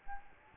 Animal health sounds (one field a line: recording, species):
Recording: mosquito wingbeat signal from an infrared sensor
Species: Aedes albopictus